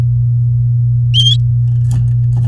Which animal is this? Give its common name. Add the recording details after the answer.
Domestic Canary. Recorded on 4 May 2018 at 09:31. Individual llb16